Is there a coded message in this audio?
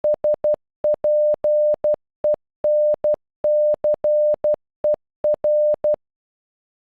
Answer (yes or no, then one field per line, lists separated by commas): yes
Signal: Morse code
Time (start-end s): 0.0-5.9 s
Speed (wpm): 11 wpm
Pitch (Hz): 600 Hz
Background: none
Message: SPENCER